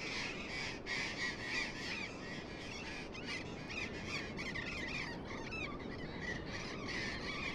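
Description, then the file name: Burrowing parrots calling as a flock, a dense chorus of harsh, grating squawks overlapping continuously. "tomas miguel - loros barranqueros"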